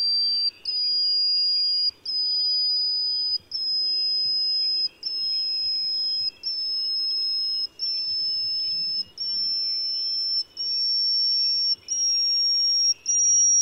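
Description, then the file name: Yellowish-bellied bush warbler singing a slow series of long, thin, high whistled notes, each held over a second with brief gaps, gradually climbing in pitch. "深山鶯"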